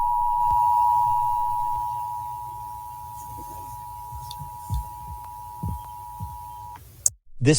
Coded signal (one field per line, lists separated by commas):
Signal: Emergency Alert System (SAME) tones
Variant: 853 and 960 Hz attention tone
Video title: The day in the life of Tom (The EAS Guy)